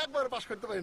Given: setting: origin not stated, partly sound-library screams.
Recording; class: one-second piece from a danger detection set; normal situation